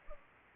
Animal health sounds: mosquito wingbeat signal from an infrared sensor; Anopheles gambiae

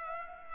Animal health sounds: mosquito wingbeat signal from an infrared sensor; Culex pipiens

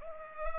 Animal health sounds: mosquito wingbeat signal from an infrared sensor; Culex pipiens

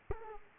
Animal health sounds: mosquito wingbeat signal from an infrared sensor; Aedes aegypti

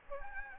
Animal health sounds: mosquito wingbeat signal from an infrared sensor; Aedes albopictus

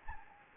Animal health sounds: mosquito wingbeat signal from an infrared sensor; Anopheles gambiae

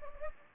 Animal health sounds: mosquito wingbeat signal from an infrared sensor; Anopheles gambiae

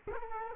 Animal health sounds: mosquito wingbeat signal from an infrared sensor; Culex quinquefasciatus

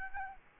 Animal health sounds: mosquito wingbeat signal from an infrared sensor; Aedes albopictus

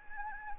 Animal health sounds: mosquito wingbeat signal from an infrared sensor; Anopheles arabiensis

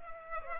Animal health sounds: mosquito wingbeat signal from an infrared sensor; Culex pipiens

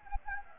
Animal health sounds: mosquito wingbeat signal from an infrared sensor; Anopheles arabiensis

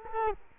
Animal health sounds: mosquito wingbeat signal from an infrared sensor; Culex quinquefasciatus

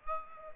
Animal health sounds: mosquito wingbeat signal from an infrared sensor; Aedes aegypti

